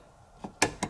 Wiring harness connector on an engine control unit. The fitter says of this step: you'll hear a slight click and